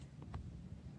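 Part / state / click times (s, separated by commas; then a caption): securing clip into slot on back of ventricular drainage system / seated / 0.3 s. The securing piece of an external ventricular drainage set is pushed into the small slot on the back of the plastic drainage system, used for securing when the patient is repositioned. A faint short click at 0.2 s is followed by a louder, sharp click at 0.3 s over a steady low rumble. The piece clicks into the slot and is seated at 0.3 s.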